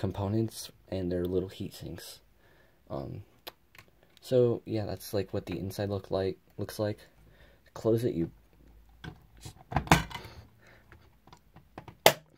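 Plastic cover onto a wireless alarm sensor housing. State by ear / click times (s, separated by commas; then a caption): seated / 9.9 s, 12.1 s. Someone talks while closing the plastic cover of a wireless alarm sensor from a Honeywell Lynx Touch L5100 wireless security system, pushing it up until it latches. Two sharp clicks sound at 9.9 s and 12.1 s as the cover snaps shut and seats on the sensor housing.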